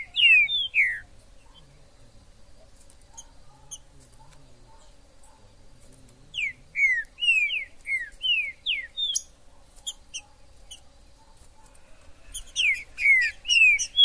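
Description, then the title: Green-winged saltator song: loud clear whistled phrases of slurred notes, in bursts separated by pauses. In the forest (mato). "Trinca ferro MAJOR no MATO"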